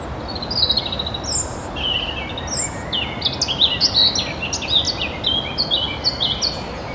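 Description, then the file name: European robin song: a string of short high whistled phrases, jumping up and down in pitch with rapid sharp notes, over constant background hiss. "Erithacus rubecula"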